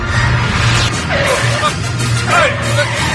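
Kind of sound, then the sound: vehicle, car braking hard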